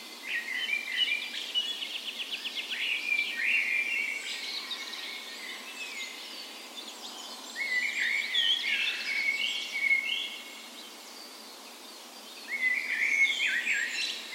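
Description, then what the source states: Bird dawn chorus: birds singing at dawn, scattered trilled and warbled phrases from several birds with quieter gaps between bursts, over steady background hiss. Birds in a park west in Bergen, Norway; morning of 17 May, Norway's National Day, spring; recorded on Sony PCM A10 with LOM Micro Usi mics as tree ears.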